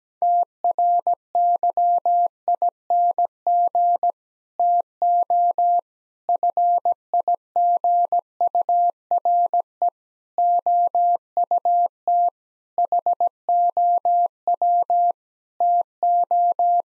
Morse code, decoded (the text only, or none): TRYING TO FIGURE OUT HOW TO